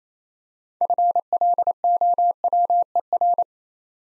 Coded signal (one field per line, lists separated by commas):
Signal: Morse code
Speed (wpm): 28 wpm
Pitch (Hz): 700 Hz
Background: none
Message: FLOWER